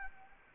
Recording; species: mosquito wingbeat signal from an infrared sensor; Anopheles arabiensis